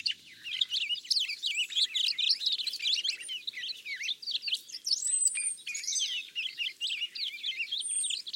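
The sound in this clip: Purple finch delivering a continuous bubbling warble of quick chirpy notes, with a few thin high whistles and a soft background hiss.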